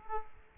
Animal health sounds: mosquito wingbeat signal from an infrared sensor; Aedes aegypti

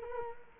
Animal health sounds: mosquito wingbeat signal from an infrared sensor; Culex quinquefasciatus

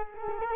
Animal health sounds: mosquito wingbeat signal from an infrared sensor; Culex quinquefasciatus

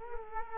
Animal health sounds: mosquito wingbeat signal from an infrared sensor; Culex quinquefasciatus

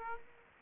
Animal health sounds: mosquito wingbeat signal from an infrared sensor; Aedes aegypti

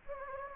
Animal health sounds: mosquito wingbeat signal from an infrared sensor; Anopheles gambiae

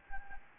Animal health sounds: mosquito wingbeat signal from an infrared sensor; Anopheles gambiae

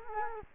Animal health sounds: mosquito wingbeat signal from an infrared sensor; Culex quinquefasciatus

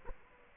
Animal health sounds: mosquito wingbeat signal from an infrared sensor; Culex quinquefasciatus

